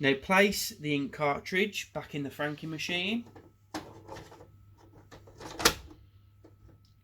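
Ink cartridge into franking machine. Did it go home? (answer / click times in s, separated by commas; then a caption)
yes / 5.7 s. Someone talks, then an ink cartridge is placed back into a Mailcoms Mailhub franking machine and pushed up. After a few soft handling knocks, it clicks into place with a sharp snap at 5.7 s and is seated.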